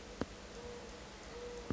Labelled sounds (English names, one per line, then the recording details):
Mourning Dove
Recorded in Sonoma County, California